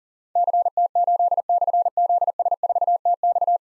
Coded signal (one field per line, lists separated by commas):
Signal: Morse code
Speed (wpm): 39 wpm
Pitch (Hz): 700 Hz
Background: none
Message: CT8/ZS4TX